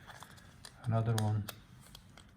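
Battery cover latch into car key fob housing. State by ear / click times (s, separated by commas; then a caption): not seated / none. A plastic battery cover latch on a Mercedes car key fob is handled during a battery change, with light handling ticks around it as a second part of the cover is pressed toward the fob housing. Someone talks briefly in the middle. Nothing has seated or clicked home yet.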